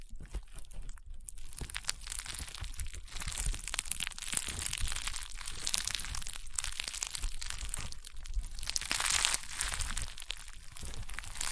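Slime being squeezed and pressed makes dense, continuous crunching and sharp popping, crisp, with brief quieter pauses near the start and around eight seconds.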